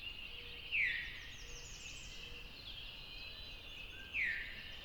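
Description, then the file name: Veery calling two downslurred 'veer' notes about three seconds apart amid a soft chorus of other birds and a hissy background. "very veery"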